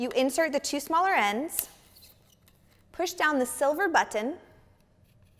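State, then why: Not seated. Someone talks while handling a metal backdrop-stand crossbar section, pressing down its silver spring push-button and pushing the smaller end into the mating tube. Only faint handling noise is heard between and after the talk, and nothing has clicked or seated yet.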